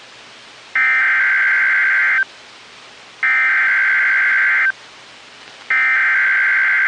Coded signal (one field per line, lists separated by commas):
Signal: Emergency Alert System (SAME) tones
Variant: header bursts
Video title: EAS 1853-1859 (5/21/22)